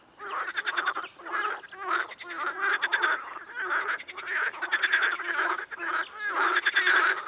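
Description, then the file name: Amphibians: a chorus of pulsed, rattling croaks swelling and fading in waves. Amphibian ambience. "AMBAmphibiens"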